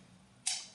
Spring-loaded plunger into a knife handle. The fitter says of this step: let it lock back in place nice and solid the overall construction